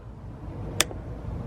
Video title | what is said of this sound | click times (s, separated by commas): How to clean C5 corvette Mass airflow sensor (MAF) sensor | You're gonna have to hear it click. If you don't hear it click, it did not click. Hear it, this. | 0.8 s